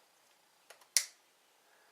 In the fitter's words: There's a little click.